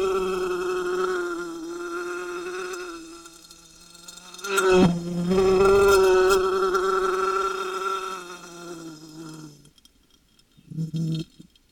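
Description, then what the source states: Wasp wing buzz, a sustained humming drone broken by sharp tapping knocks, stopping near the end before a short final burst of buzzing. Wasp under glass.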